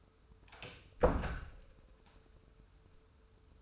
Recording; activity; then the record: daily activity, microphone in the room; close door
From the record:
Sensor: 2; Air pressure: 1015.1 hPa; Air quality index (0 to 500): 171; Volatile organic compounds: 10 ppm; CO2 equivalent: 2227 ppm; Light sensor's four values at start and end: 13/36/14/16 and 13/36/14/16